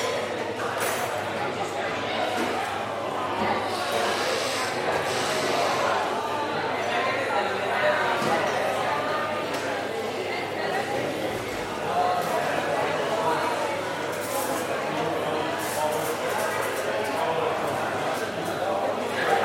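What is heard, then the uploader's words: A busy cafe fills with overlapping chatter from many voices, a dense, steady murmur that never drops out across the whole stretch. Occasional brighter clinks and clatters of dishes poke through now and then. Cafe Chatting Sounds. The pleasant sounds of a busy cafe.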